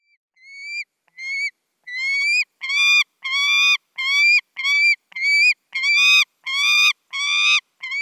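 Saker falcon calling with a series of loud, slightly rising whining notes, starting soft and becoming louder, repeated roughly once every two-thirds of a second.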